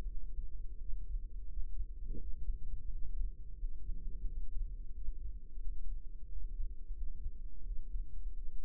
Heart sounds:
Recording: heart sounds by microphone in the right ear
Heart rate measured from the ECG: 87 bpm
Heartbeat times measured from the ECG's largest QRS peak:
0.05 s: heartbeat
0.75 s: heartbeat
1.45 s: heartbeat
2.16 s: heartbeat
2.87 s: heartbeat
3.55 s: heartbeat
4.22 s: heartbeat
4.90 s: heartbeat
5.58 s: heartbeat
6.27 s: heartbeat
6.92 s: heartbeat
7.61 s: heartbeat
8.32 s: heartbeat
From the record:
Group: healthy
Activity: rest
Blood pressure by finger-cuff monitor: 107/67 mmHg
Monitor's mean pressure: 80 mmHg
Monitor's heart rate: 88 bpm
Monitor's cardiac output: 6.9 L/min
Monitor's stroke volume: 80 mL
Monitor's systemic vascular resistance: 850 dyn s/cm5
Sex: female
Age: 26 years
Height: 165 cm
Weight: 55 kg

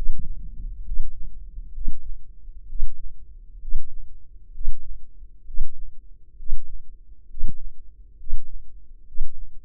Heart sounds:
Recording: heart sounds by microphone in the left ear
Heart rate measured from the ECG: 66 bpm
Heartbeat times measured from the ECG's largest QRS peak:
0.84 s: heartbeat
1.73 s: heartbeat
2.68 s: heartbeat
3.60 s: heartbeat
4.53 s: heartbeat
5.46 s: heartbeat
6.37 s: heartbeat
7.29 s: heartbeat
8.18 s: heartbeat
9.06 s: heartbeat
From the record:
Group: healthy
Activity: breath hold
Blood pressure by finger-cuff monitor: 158/95 mmHg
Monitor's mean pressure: 110 mmHg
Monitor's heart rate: 65 bpm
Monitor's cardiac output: 6.6 L/min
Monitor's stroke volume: 102 mL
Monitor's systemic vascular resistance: 1250 dyn s/cm5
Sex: male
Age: 23 years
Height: 179 cm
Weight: 87 kg

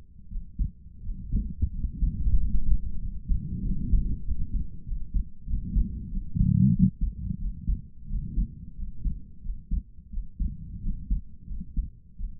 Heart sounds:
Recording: heart sounds by stethoscope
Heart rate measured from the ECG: 91 bpm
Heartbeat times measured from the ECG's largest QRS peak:
0.27 s: heartbeat
1.01 s: heartbeat
1.70 s: heartbeat
2.35 s: heartbeat
2.98 s: heartbeat
3.61 s: heartbeat
4.22 s: heartbeat
4.83 s: heartbeat
5.45 s: heartbeat
6.09 s: heartbeat
6.71 s: heartbeat
7.37 s: heartbeat
8.06 s: heartbeat
8.74 s: heartbeat
9.41 s: heartbeat
10.09 s: heartbeat
10.80 s: heartbeat
11.46 s: heartbeat
12.15 s: heartbeat
From the record:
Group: healthy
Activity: rest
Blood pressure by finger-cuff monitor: 88/61 mmHg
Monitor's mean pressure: 69 mmHg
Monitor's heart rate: 91 bpm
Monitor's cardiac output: 5.7 L/min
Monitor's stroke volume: 63 mL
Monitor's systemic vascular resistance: 830 dyn s/cm5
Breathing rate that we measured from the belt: 27 breaths a minute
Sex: male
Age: 22 years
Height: 181 cm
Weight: 60 kg

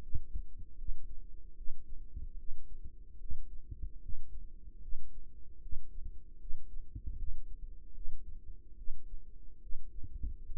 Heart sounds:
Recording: heart sounds by microphone in the right ear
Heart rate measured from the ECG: 75 bpm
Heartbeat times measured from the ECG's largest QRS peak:
0.01 s: heartbeat
0.77 s: heartbeat
1.55 s: heartbeat
2.37 s: heartbeat
3.18 s: heartbeat
4.00 s: heartbeat
4.80 s: heartbeat
5.60 s: heartbeat
6.38 s: heartbeat
7.17 s: heartbeat
7.93 s: heartbeat
8.76 s: heartbeat
9.60 s: heartbeat
10.45 s: heartbeat
From the record:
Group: healthy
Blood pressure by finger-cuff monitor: 93/49 mmHg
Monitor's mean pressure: 63 mmHg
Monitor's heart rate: 75 bpm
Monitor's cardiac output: 7 L/min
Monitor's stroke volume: 94 mL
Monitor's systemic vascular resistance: 630 dyn s/cm5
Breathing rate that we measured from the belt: 18 breaths a minute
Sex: female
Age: 22 years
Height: 157 cm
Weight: 47.6 kg

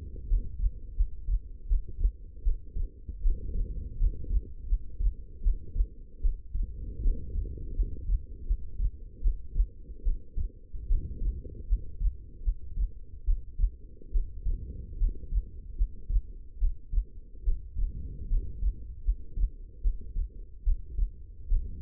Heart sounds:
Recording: heart sounds by stethoscope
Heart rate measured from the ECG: 76 bpm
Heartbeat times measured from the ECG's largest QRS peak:
0.28 s: heartbeat
0.96 s: heartbeat
1.68 s: heartbeat
2.43 s: heartbeat
3.22 s: heartbeat
3.98 s: heartbeat
4.68 s: heartbeat
5.42 s: heartbeat
6.21 s: heartbeat
7.02 s: heartbeat
7.75 s: heartbeat
8.46 s: heartbeat
9.22 s: heartbeat
10.03 s: heartbeat
10.87 s: heartbeat
11.68 s: heartbeat
12.43 s: heartbeat
13.25 s: heartbeat
14.12 s: heartbeat
14.98 s: heartbeat
15.76 s: heartbeat
16.59 s: heartbeat
17.44 s: heartbeat
18.28 s: heartbeat
19.04 s: heartbeat
19.82 s: heartbeat
20.64 s: heartbeat
21.48 s: heartbeat
From the record:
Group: healthy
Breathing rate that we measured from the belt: 16 breaths a minute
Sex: female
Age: 19 years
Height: 163 cm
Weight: 51 kg

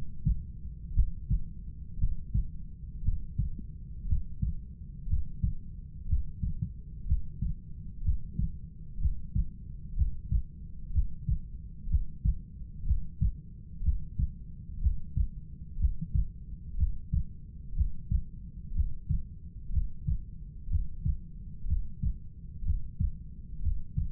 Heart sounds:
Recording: heart sounds by stethoscope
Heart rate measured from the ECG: 61 bpm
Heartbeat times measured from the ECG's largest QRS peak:
0.96 s: heartbeat
2.01 s: heartbeat
3.05 s: heartbeat
4.09 s: heartbeat
5.10 s: heartbeat
6.09 s: heartbeat
7.08 s: heartbeat
8.04 s: heartbeat
9.01 s: heartbeat
9.97 s: heartbeat
10.94 s: heartbeat
11.90 s: heartbeat
12.87 s: heartbeat
13.84 s: heartbeat
14.82 s: heartbeat
15.80 s: heartbeat
16.79 s: heartbeat
17.76 s: heartbeat
18.75 s: heartbeat
19.73 s: heartbeat
20.71 s: heartbeat
21.68 s: heartbeat
22.65 s: heartbeat
23.62 s: heartbeat
From the record:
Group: heart failure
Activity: breath hold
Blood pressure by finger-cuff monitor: 118/84 mmHg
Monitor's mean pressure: 94 mmHg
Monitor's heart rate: 61 bpm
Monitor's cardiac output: 5.2 L/min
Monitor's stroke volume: 84 mL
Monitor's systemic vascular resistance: 1340 dyn s/cm5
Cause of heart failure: idiopathic cardiomyopathy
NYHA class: 1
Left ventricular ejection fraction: 50%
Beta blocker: bisoprolol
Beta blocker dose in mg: 5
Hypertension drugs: candesartan, spironolactone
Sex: male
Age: 54 years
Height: 180 cm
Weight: 94.6 kg

